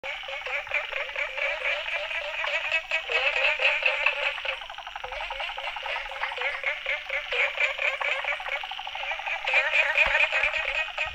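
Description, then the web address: Frogs calling in a dense chorus of rapid, overlapping croaks and rattles, continuous throughout with rhythmic pulsing, forming a thick wall of sound. Recorded 19 May 2018 between 18 and 20 h. "frog rec 18-20 20180519"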